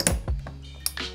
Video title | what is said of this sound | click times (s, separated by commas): How To Install a CPU: Intel 12th Gen Processor Installation | then make sure to alternate corners until you hear a click, just like this that's | 0.1 s, 0.9 s